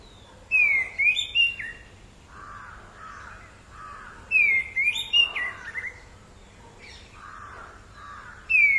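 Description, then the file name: Orange-headed thrush song of clear whistled slurs followed by lower, softer warbled notes, phrases repeated roughly every four seconds with quiet gaps. "canto do tordo de cabeca laranja"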